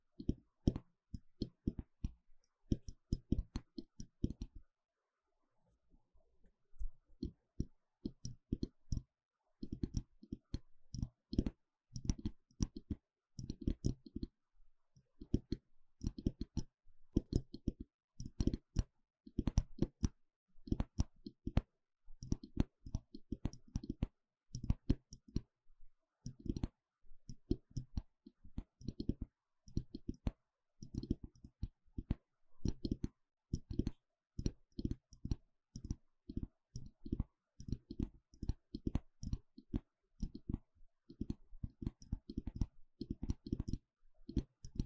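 Scratching and tapping sounds come in quick, dense bursts of sharp clicks with a soft, thuddy low body. After a sparse, quieter stretch around five to nine seconds, the taps return and keep up a rapid, uneven patter through the end.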